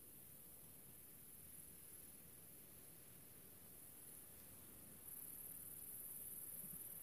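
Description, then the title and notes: Grasshopper stridulation, a faint high hiss that suddenly grows louder and fuller for the last couple of seconds, over a low background rumble. A single small grasshopper, countryside near the small town of General Alvear, under the summer sun, recorded a few years earlier while filming a documentary. "Relaxing Sounds - Nature - Grasshopper. a small town called General Alvear. I found myself in the middle of the countryside under the summer sun and this little grasshoper appeard"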